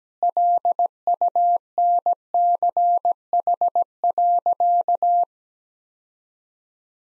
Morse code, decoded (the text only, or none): LUNCH.